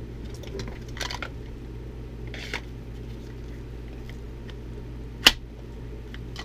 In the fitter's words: good solid click